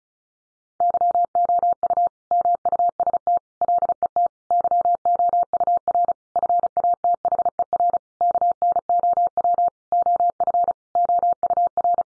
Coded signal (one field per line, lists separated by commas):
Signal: Morse code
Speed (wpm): 34 wpm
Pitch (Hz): 700 Hz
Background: none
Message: YOU MUST LET YOUR FATHER KNOW OF OUR